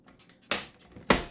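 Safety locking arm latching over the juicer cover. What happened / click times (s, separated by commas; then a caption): The plastic locking arm snapped shut on both sides / 0.5 s, 1.1 s. A safety locking arm on an Azeus centrifugal juicer is swung over the plastic cover and latches onto the lid. After a few faint taps, two loud, sharp snaps ring out at 0.5 and 1.1 seconds, and the arm is seated, leaving the juicer ready to go.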